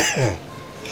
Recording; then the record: coughing mixed with background sound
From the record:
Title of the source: Dry Afternoon Cough